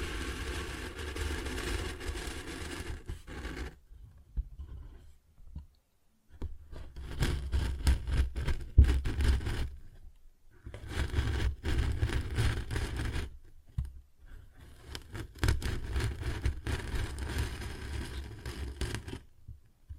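A paper bag is tapped and scratched in bursts, with dense rustling and scraping that runs for a few seconds at a time. Short silent gaps break it up near 4, 6, 10, 14 and 16 seconds. Low thumps sit under the crisp, bright crackle.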